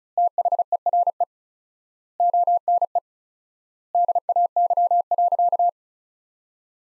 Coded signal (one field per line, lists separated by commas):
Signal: Morse code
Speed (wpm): 34 wpm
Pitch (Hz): 700 Hz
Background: none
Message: THERE ONE DAY.